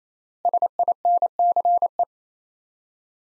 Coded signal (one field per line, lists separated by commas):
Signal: Morse code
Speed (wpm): 28 wpm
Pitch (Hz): 700 Hz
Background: none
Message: SINCE